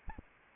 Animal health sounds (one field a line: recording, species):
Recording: mosquito wingbeat signal from an infrared sensor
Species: Anopheles arabiensis